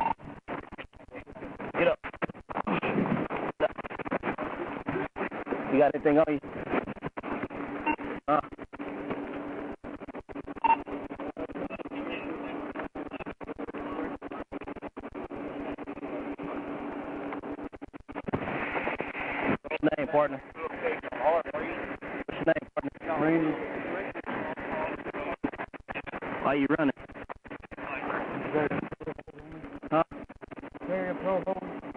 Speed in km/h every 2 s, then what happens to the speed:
0, 0, 0, 0, 0, 0, 0, 0, 0, 0, 0, 0, 0, 0, 0, 0.
0-32 standing.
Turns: none.